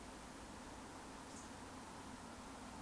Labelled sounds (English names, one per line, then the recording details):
Eurasian Woodcock whistle
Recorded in Baden-Württemberg, Germany, on 3 June 2021 at 20:12 UTC
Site 49334, 1074 m above sea level